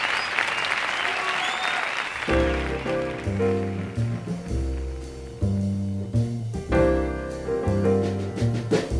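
A burst of crowd applause fills the first two seconds, a dense hiss of clapping, before it gives way to music with steady, rhythmic chords and a deep bass line.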